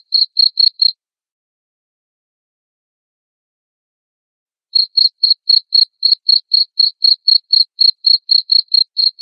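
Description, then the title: Cricket chirps: a short burst of high pulses, several seconds of silence, then a long steady run of chirps about four per second. Loud cricket chirping (ngerik) played to make lovebirds sing (ngekek) continuously. "Suara JANGKRIK NGERIK Keras Bikin LOVEBIRD Jadi NGEKEK Terus Vubey"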